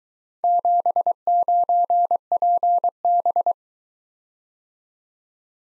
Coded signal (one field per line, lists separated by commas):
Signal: Morse code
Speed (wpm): 24 wpm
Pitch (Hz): 700 Hz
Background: none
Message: 79PB